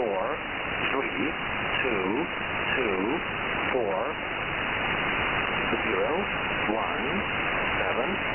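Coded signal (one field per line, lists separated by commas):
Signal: numbers station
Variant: E07, English male voice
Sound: male voice reading single digits steadily, about one per second, through heavy hiss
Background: radio static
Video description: Number station: "E07 - 'English Man'"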